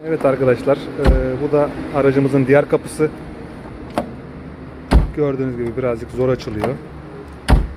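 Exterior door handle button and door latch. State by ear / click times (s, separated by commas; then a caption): not seated / none. A person talks while pressing the exterior door handle button on a car door that is hard to open, on a Tempra Tipo. Two sharp, short knocks from the handle and door come at about 4.0 and 7.5 seconds, but the latch does not give a clean release click, so nothing has clicked yet.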